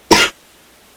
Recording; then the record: coughing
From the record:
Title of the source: 55 gaggy wet cough